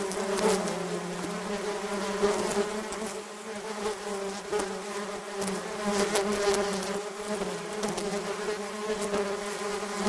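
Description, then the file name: Bees in a swarm, a constant droning buzz with fluctuating loudness. Recorded while surrounded by a swarm. "bees swarm sourrounded"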